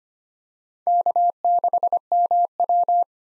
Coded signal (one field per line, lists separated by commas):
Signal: Morse code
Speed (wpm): 25 wpm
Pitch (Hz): 700 Hz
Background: none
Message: K6MW